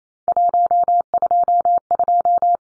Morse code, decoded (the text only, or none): 122